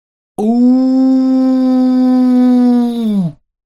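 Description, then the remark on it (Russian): A single wild, piercing howl from a vampire lying face down holds one loud, steady pitch for about three seconds, then sags slightly and cuts off, with no other sound around it. “Затем единство распалось, и окрестности огласил дикий истошный вой.”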